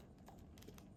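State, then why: Not seated. The reassembled motor and electronics unit of a Philips Sonicare electric toothbrush, being repaired because it was not vibrating properly, is pushed into its plastic handle case, lined up with the button. Faint, short plastic ticks and scrapes sound over a low steady rumble. Nothing has seated or clicked yet.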